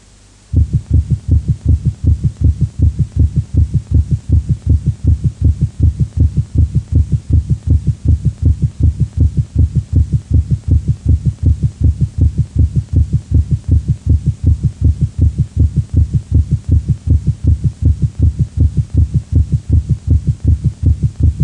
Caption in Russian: Пароксизмальная тахикардия аускультативно проявляется большой частотой сердечных сокращений, обычно более 150 ударов в минуту, при сохранении правильного ритма. Громкость тонов обычно повышена, однако различить первый и второй тоны бывает крайне сложно. У больного ишемической болезнью сердца в момент пароксизма наджелудочковой тахикардии.